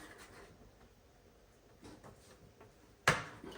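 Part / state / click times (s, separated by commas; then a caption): hose connector clip on canister filter head / seated / 3.1 s. A plastic clip is pushed down to lock the hose connector block onto the head of a SICCE Space EKO 320 canister filter. After soft handling noises, a loud, sharp click is heard at 3.1 s, and the clip snaps down and seats the connector.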